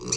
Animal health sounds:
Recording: pig call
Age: weaner (32 to 43 days)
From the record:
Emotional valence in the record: negative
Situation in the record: short isolation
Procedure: open field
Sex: female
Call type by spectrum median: high-frequency call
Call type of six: high-frequency modulated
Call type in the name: high-frequency modulated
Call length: 0.16 s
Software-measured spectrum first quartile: 693 Hz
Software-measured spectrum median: 4169 Hz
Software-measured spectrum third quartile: 5883 Hz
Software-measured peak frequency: 5923 Hz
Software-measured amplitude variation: 145 dB a second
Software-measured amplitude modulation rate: 21.8 a second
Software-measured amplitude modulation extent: 6.6 dB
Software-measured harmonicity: 5.4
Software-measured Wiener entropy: -3.17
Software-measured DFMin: 962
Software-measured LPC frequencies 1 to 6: 376, 1166, 2463, 4037, 4521, 5864 Hz

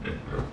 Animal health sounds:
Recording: pig call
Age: growing-finishing pig (85 days or more)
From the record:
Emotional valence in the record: positive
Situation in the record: run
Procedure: transit

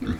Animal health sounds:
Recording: pig call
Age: growing-finishing pig (85 days or more)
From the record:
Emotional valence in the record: positive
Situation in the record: run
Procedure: transit

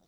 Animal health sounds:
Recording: pig call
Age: piglet (1 to 25 days)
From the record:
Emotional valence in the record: positive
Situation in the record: short reunion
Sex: female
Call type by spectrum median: low-frequency call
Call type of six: low-frequency tonal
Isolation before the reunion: 3 minutes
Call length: 0.07 s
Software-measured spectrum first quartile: 347 Hz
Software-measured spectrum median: 1028 Hz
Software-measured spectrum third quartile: 6747 Hz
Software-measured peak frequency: 188 Hz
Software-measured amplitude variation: 21 dB a second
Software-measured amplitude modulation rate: 20.1 a second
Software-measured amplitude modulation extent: 1.0 dB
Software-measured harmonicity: 5.4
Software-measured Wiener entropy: -2.54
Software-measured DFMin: 1139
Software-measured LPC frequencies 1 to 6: 629, 3663, 4827, 5740, 7501, 8722 Hz

